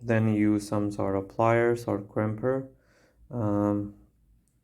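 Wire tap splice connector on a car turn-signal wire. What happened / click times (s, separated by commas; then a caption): Handling only; no seating click yet / none. Someone talks while a plastic wire-tap (quick splice) connector is set over a car turn-signal wire, about to be squeezed with pliers or a crimper so its metal blade pierces the wire and the cover snaps closed. Nothing has seated or clicked yet.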